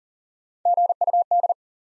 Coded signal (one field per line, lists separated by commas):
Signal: Morse code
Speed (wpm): 40 wpm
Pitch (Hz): 700 Hz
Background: none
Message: GUD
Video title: Top 20 QSO Elements 40wpm